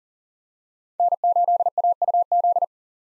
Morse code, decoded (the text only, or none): N8AUZ